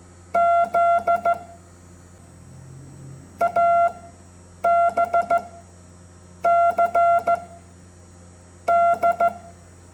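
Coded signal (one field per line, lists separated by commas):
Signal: Morse code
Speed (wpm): 14 wpm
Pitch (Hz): 690 Hz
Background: none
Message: Z A B C D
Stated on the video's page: Morse code English alphabet lesson.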